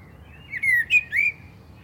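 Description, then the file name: Common blackbird with a short, smooth fluted phrase of three mellow whistled notes, slightly falling then rising. "Turdus merula"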